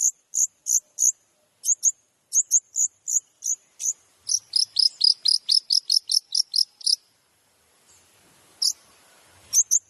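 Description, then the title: Long-tailed shrike song: very high, sharp chip notes in quick paired bursts, then a faster run of repeated notes, a pause, and a few more chips. Used as masteran, training material played to other long-tailed shrikes, described as full of tembakan bursts. "MASTERAN CENDET FULL TEMBAKAN"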